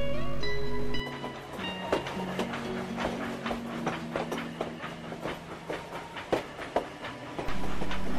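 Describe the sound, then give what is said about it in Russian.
Train wheels clack on the rails of a railway carriage travelling to Petersburg, in a steady run of sharp, uneven knocks over a rumbling bed, with a loud, steady low drone at the start and end. “Напрасно сидевшие в вагоне старались развлечь меня.”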